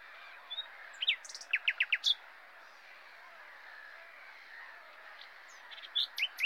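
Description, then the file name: Common nightingale song: a run of clear, rapidly repeated notes, a quiet gap, then a few more high notes. "Luscinia megarhynchos"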